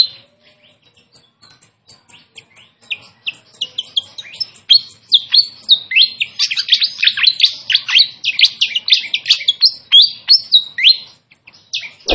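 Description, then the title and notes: Pied fantail song: a dense, fast run of high chirping and squeaky whistled notes that starts sparse and builds into rapid, tumbling phrases. Masteran training audio with a clear voice. "Masteran Sikatan Kipas Suara Jernih Dan Suara Gemericik Air. Suara Burung Sikatan Londo"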